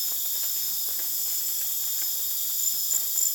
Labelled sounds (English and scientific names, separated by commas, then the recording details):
none
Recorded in dense forest near Puerto Asís, Putumayo, Colombia, on 24 June 2025 at 19:30
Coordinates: 0.484, -76.325
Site H65